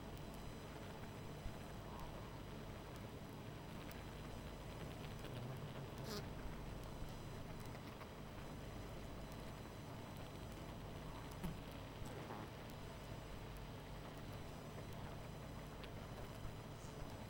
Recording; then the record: honeybee colony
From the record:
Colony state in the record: missing queen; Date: 14 July 2017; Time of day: 21:25